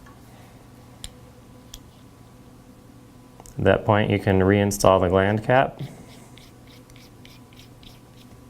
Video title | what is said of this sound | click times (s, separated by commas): Waterworks Lamson Reel Maintenance and Operation | twist until you hear it click and drop down a quarter inch or so into place at | 1.0 s